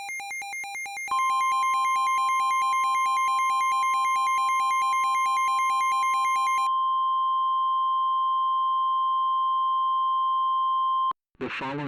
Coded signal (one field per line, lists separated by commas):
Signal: Emergency Alert System (SAME) tones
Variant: 1050 Hz attention tone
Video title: EAS Scenario: The Breaking News Incident